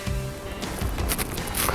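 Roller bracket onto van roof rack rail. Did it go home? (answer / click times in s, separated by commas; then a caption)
no / none. A rear roller bracket for a van roof rack is handled and pushed toward the rack rail profile, producing scraping and rustling handling noise over music, with two brief knocks near 1.1 and 1.2 seconds. Nothing has seated or clicked into place yet.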